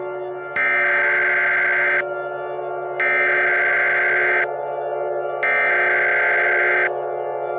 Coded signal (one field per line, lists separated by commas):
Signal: Emergency Alert System (SAME) tones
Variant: header bursts